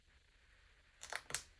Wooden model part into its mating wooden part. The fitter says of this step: locking it in.